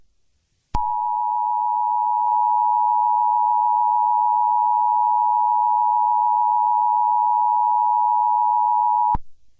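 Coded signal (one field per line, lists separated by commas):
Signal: Emergency Alert System (SAME) tones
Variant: 853 and 960 Hz attention tone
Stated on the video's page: Fictional EAS scenario based on a Roblox game.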